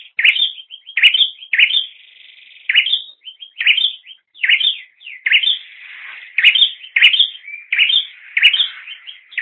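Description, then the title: Bird chirping busily: rapid upswept notes run together, with a thin sustained tone filling gaps between bursts. "kikicau"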